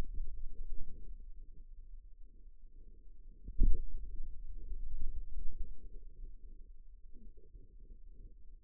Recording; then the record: forearm muscle sounds (acoustic myography)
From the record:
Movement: finger pinch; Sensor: system 2, bracelet of six BSWA MPA416 microphones around the upper forearm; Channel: 5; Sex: male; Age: 22 years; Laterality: right